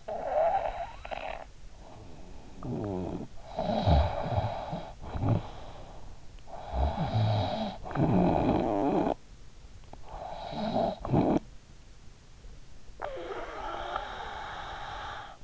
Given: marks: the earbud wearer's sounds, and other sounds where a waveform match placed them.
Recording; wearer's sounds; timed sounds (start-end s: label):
sounds in sleep by an in-ear microphone; snoring breath
0.00-9.97 s: snoring breath
10.00-15.44 s: snoring breath